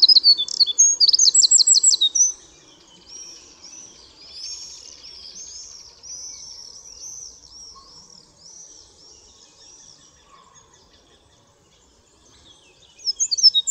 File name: Troglodytes troglodytes